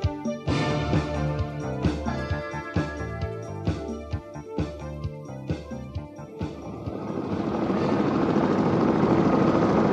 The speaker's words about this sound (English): The engine started and he couldn't hear anything else. The helicopter took off and climbed slowly into the sky.